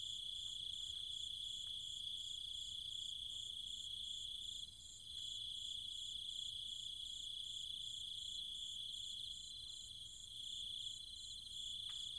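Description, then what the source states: Cicadas and other insects drone steadily with a rapid pulsing overlay, while scattered faint clicks sound beneath the chorus. Cicadas and other insects calling at night in trees and fields of the countryside near Chiang Mai, Thailand.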